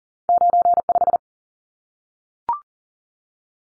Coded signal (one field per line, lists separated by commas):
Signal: Morse code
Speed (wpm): 40 wpm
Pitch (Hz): 700 Hz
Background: none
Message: 95